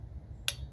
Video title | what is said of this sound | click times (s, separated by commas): Part 1-Replacing spark plugs, but found that the valve cover gasket also needed replacing. 🙄 | see how that clicks when you hear that click it got to sit at 14. | 0.5 s